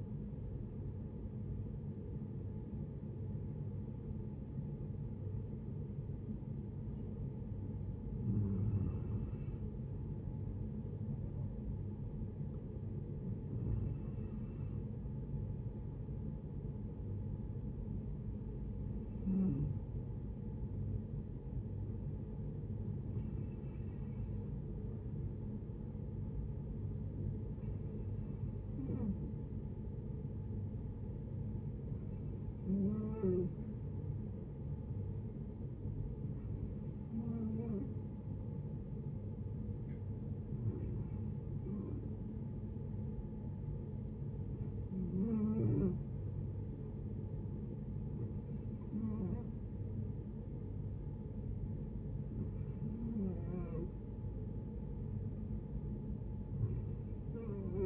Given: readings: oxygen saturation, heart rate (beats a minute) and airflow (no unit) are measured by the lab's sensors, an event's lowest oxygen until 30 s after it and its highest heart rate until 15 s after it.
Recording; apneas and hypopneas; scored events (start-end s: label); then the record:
breathing in sleep by a smartphone at the bedside; 1
0.00-9.00 s: awake
5.00-57.85 s: new sleep stage, N1 (lightest sleep)
9.00-46.10 s: hypopnea (N1, oxygen 96% highest, then 91% lowest, heart rate 74 at the start, 74 highest)
From the record:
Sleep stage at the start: awake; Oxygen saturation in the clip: 92 to 96%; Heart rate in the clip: 68 to 78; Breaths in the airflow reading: 12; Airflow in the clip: -9.2 to 8.9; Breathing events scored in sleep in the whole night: 496 in 5.4 hours asleep